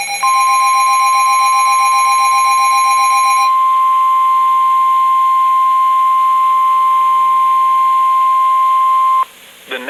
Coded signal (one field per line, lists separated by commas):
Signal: Emergency Alert System (SAME) tones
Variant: 1050 Hz attention tone